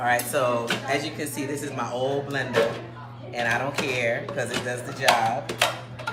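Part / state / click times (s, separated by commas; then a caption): blender jar into blender base / not seated / none. A blender jar is handled onto its blender base while someone talks over light background music. A few soft knocks sound near the very end, but the jar has not locked or seated on the base yet.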